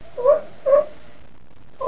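Sea lion giving short, harsh barks, three quick calls spaced about half a second to a second apart.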